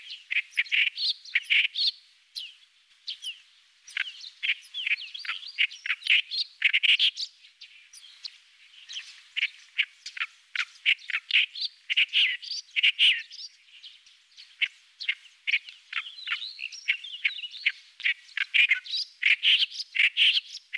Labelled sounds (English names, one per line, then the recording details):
Clamorous Reed Warbler song
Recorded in the wild
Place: Kurtlisee, TM
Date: 2001-05-14
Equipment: MiniDisc Sharp MT 20 H
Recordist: Schwarz, Dieter
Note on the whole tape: Song